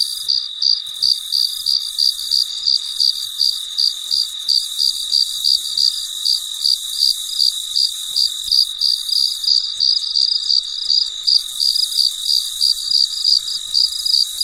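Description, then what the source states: Cricket chirps in a fast, even series of short high pulses, about three per second, against a steady high-pitched background hum. Recorded late at night, very quiet surroundings.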